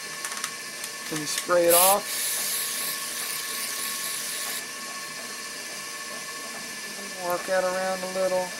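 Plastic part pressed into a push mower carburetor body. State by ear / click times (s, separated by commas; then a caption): seated / 0.4 s. A plastic part that fits only one way is pressed down into the plastic carburetor body of a Briggs & Stratton 450e/500e/550EX/625EX push mower, and it snaps into place with a short, sharp click at 0.4 s. Someone talks, and a steady broadband hiss runs from about 2.0 to 4.6 s.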